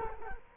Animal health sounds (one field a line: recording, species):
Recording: mosquito wingbeat signal from an infrared sensor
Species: Culex quinquefasciatus